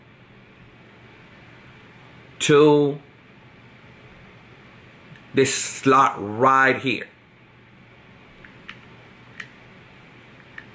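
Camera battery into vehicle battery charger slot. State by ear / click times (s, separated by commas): not seated / none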